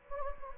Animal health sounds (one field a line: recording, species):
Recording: mosquito wingbeat signal from an infrared sensor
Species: Anopheles gambiae